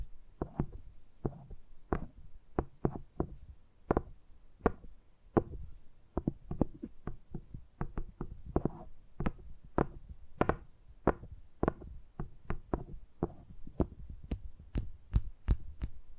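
Tingly tapping sounds: quick, crisp taps with a low thump, coming in irregular bursts and pauses, some brighter and sharper near the end.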